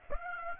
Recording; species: mosquito wingbeat signal from an infrared sensor; Aedes aegypti